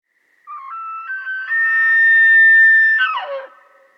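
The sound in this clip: Elk bugling: a whistled tone stepping upward to a long, high, sustained note, then dropping sharply into a lower, rough ending.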